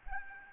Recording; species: mosquito wingbeat signal from an infrared sensor; Aedes albopictus